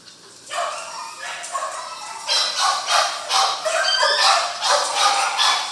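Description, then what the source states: Dog: quiet at first, then rapid, overlapping barking that continues to the end. Dogs at a kennel.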